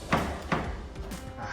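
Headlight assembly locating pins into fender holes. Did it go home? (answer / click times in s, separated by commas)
yes / 0.1 s, 0.5 s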